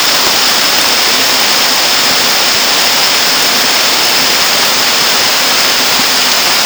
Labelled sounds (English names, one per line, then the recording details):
none
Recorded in dense forest near Puerto Asís, Putumayo, Colombia, on 9 March 2025 at 11:30
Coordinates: 0.481, -76.323
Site G088